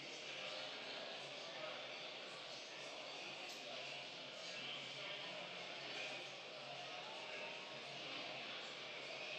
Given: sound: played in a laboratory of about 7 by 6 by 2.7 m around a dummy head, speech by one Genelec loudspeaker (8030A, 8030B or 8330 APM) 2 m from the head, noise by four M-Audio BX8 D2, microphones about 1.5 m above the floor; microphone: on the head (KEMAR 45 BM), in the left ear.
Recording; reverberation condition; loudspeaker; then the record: cafeteria noise; high; four, about 170 cm from the corners of the room and facing them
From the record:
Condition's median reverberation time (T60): about 1300 ms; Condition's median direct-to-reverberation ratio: about -4.0 dB